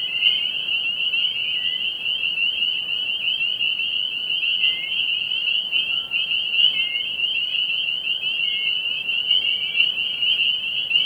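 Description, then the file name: Spring peepers calling together in a continuous shrill chorus, with occasional separate lower upslurred notes standing out from the steady high wall of peeps. "Peepers"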